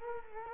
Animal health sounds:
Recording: mosquito wingbeat signal from an infrared sensor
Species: Culex quinquefasciatus

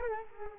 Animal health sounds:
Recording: mosquito wingbeat signal from an infrared sensor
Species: Culex quinquefasciatus

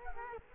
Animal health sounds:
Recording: mosquito wingbeat signal from an infrared sensor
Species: Culex quinquefasciatus

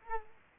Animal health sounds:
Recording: mosquito wingbeat signal from an infrared sensor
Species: Culex quinquefasciatus

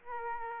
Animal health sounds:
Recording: mosquito wingbeat signal from an infrared sensor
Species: Aedes aegypti

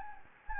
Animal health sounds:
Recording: mosquito wingbeat signal from an infrared sensor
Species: Anopheles gambiae

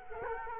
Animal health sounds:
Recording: mosquito wingbeat signal from an infrared sensor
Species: Culex quinquefasciatus

